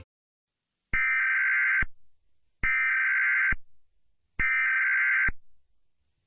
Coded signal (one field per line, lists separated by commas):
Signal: Emergency Alert System (SAME) tones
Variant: header bursts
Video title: EAS Scenario/Mock #6 - Water Girl Attacks